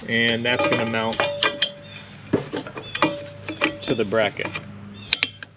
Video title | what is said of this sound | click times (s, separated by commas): BMW G05 Trailer Hitch Full Install With Wiring and Module Installation | and it just pushes in and locks into place | 5.1 s